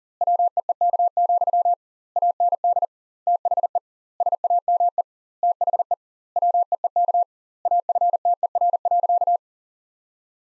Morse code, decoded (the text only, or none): WEEK, AND THE SAME THE WEEK AFTER.